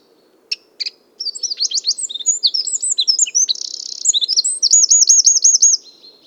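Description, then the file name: Eurasian wren delivering a rapid, high-pitched song of sharp notes, trills and a fast rattling run, ending in looping repeated phrases; low steady hum beneath. "Troglodytes troglodytes"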